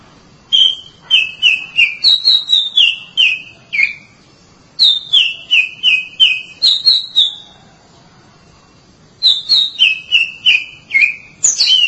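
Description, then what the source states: Oriental magpie-robin song built from runs of clear whistled notes stepping down in pitch, each run separated by a pause of one to two seconds. Bird song.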